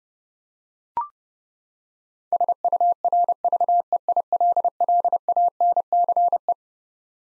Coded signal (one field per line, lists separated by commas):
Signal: Morse code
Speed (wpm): 30 wpm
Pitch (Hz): 700 Hz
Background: none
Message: SURVEILLANCE